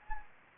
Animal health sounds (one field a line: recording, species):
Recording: mosquito wingbeat signal from an infrared sensor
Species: Anopheles gambiae